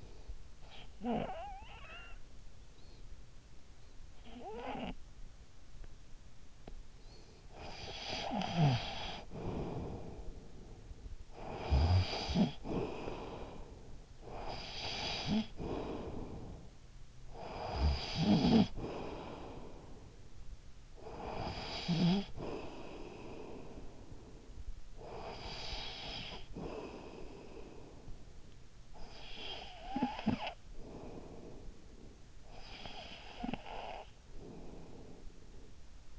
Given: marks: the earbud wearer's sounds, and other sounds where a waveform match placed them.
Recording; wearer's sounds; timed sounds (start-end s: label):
sounds in sleep by an in-ear microphone; snoring breath
0.33-2.44 s: snoring breath
3.90-5.33 s: snoring breath
7.21-20.56 s: snoring breath
20.79-36.19 s: snoring breath